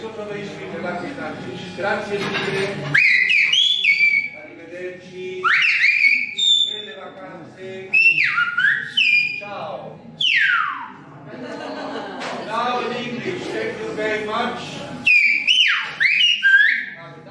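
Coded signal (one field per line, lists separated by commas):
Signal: whistled language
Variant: Silbo Gomero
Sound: loud gliding whistles rising and falling in pitch, in several phrases, with speech between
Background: talking, indoor room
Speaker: The waitress whistled to ask her colleague to find the camera and return it to the owner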